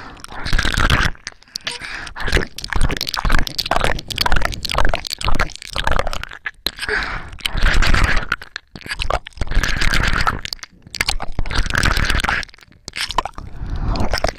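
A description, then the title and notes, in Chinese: Ear-licking and mouth sounds come in wet, crunchy bursts of a second or two, separated by short silences, repeating steadily throughout. 舔耳+口腔音。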